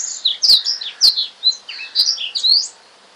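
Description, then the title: Oriental magpie-robin giving bright slurred whistles and sweeping notes in a short burst, with several sharp clicks, ending in quiet hum. "Kicau Kacer Durasi Panjang 1jam Lebih"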